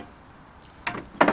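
A tip attachment is pushed onto the body of a portable power tool until it locks into place. After a quiet stretch, two sharp clicks sound at 0.9 s and 1.2 s, the second one louder. The tip ends up seated and locked.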